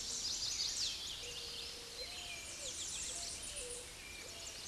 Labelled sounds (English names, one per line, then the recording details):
American Redstart song
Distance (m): 25 m
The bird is about 5 m above the microphone
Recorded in a Pennsylvania forest on 16 May 2024 at 06:07
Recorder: AudioMoth, point MSD-0383
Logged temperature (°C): 15.3 °C
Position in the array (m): 105 m, 230 m